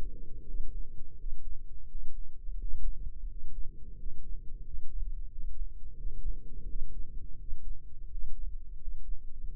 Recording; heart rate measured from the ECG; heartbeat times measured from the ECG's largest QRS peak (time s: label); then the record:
heart sounds by microphone in the left ear; 86 bpm
0.45 s: heartbeat
1.17 s: heartbeat
1.88 s: heartbeat
2.57 s: heartbeat
3.27 s: heartbeat
3.96 s: heartbeat
4.63 s: heartbeat
5.29 s: heartbeat
5.95 s: heartbeat
6.66 s: heartbeat
7.37 s: heartbeat
8.08 s: heartbeat
8.78 s: heartbeat
9.47 s: heartbeat
From the record:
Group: healthy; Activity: rest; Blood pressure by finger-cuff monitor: 121/80 mmHg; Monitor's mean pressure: 91 mmHg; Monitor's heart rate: 86 bpm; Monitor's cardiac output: 7.3 L/min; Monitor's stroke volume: 85 mL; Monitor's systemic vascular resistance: 920 dyn s/cm5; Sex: male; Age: 33 years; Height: 179 cm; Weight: 80.4 kg